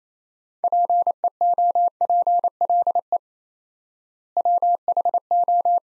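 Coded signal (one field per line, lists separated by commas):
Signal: Morse code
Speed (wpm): 28 wpm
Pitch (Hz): 700 Hz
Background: none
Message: PEOPLE WHO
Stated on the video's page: 28 wpm Morse drill of two-word sets at 4x word spacing, a Farnsworth-like method; each set is sent, spoken, then sent again.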